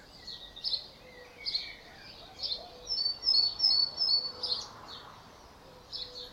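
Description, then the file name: Great tit calls, a run of short, thin high notes midway among scattered chirps, with quieter lower whistles in the background. "Parus major"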